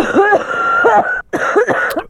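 A run of harsh, voiced cough bursts with a brief pause; an adult imitating a smoker's cough.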